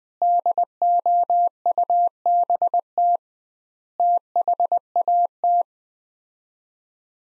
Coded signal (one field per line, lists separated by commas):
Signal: Morse code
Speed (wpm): 21 wpm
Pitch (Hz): 700 Hz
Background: none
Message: DOUBT THAT